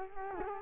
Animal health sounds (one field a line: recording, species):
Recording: mosquito wingbeat signal from an infrared sensor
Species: Culex quinquefasciatus